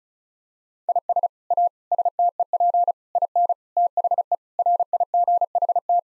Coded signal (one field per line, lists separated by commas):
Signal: Morse code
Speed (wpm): 36 wpm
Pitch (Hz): 700 Hz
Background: none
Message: IS A STEP IN THE RIGHT